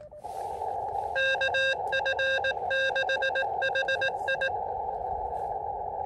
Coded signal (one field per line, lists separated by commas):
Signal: Morse code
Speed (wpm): 18 wpm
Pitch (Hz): 1600 Hz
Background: none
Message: KF6HI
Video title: KD2YDN activates W2/GC-056 & W2/GC-003 in K-8070 for 26 pts. SOTA/POTA qrp.